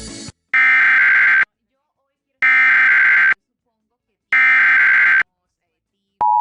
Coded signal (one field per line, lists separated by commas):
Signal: Emergency Alert System (SAME) tones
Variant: header bursts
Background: speech